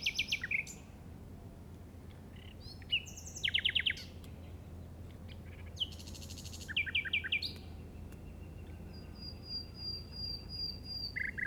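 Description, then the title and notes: Common nightingale song: separate varied phrases of rattles, buzzy trills and pure whistles, broken by short silences, ending with a thin drawn-out whistle. Recorded in the Llobregat Delta at 06:00 on 8 May 2015 with a Zoom recorder. "Grabación de ruiseñor común (Luscinia megarhynchos) en el Delta del Llobregat a las 06:00 del 08/05/2015."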